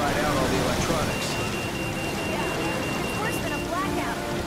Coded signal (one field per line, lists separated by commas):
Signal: none